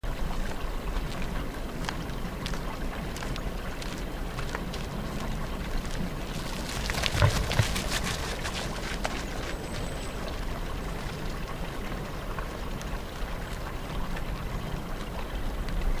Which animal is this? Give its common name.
Red Deer